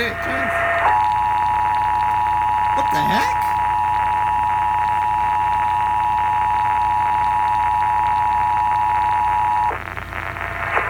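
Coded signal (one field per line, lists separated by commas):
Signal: Emergency Alert System (SAME) tones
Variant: 853 and 960 Hz attention tone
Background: speech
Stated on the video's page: National Periodic Test received on AM radio.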